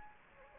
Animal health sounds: mosquito wingbeat signal from an infrared sensor; Anopheles gambiae

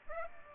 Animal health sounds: mosquito wingbeat signal from an infrared sensor; Aedes aegypti

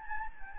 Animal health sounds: mosquito wingbeat signal from an infrared sensor; Anopheles gambiae

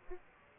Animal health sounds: mosquito wingbeat signal from an infrared sensor; Aedes aegypti

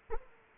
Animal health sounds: mosquito wingbeat signal from an infrared sensor; Aedes aegypti

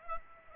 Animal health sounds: mosquito wingbeat signal from an infrared sensor; Aedes aegypti

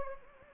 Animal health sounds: mosquito wingbeat signal from an infrared sensor; Anopheles gambiae

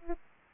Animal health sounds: mosquito wingbeat signal from an infrared sensor; Aedes aegypti

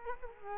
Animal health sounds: mosquito wingbeat signal from an infrared sensor; Culex quinquefasciatus

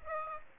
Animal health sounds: mosquito wingbeat signal from an infrared sensor; Aedes aegypti

